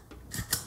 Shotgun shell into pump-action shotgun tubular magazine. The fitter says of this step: the tray and with the thumb till it clicks